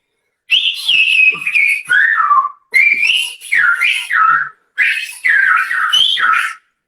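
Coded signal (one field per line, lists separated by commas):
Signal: whistled language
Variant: Silbo Gomero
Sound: three phrases of a loud gliding whistle, pitch rising and falling between syllables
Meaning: Has a brother of the teacher in the USA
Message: tiene un hermano del profesor en eeuu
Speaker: tiene un hermano del profesor en eeuu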